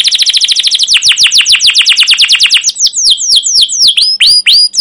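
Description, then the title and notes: Canary song: a rapid rolling trill of downward-slurred notes slowing into separate whistled sweeps. Caged canary song used as a lure and tutor recording for training young canaries to learn the sound; described as long continuous chirping song, 'cuit cuit ngerol'. "CUIT CUIT NGEROL LANGSUNG GACOR PANJANG Kenari Ini AMPUH Utk Pancingan KENAR. PANCINGAN Kenari GACOR PANJANG Cuit CUIT EMOSI ini AMPUH utk MASTERAN Kenari PAUD belajar BUNYI. burung kenari"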